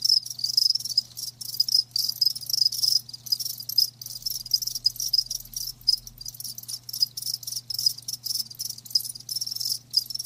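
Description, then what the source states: Loud cricket chirping, sharp high pulsed bursts repeated rapidly with short silent breaks, several callers overlapping. Live crickets chirping, a lulling song.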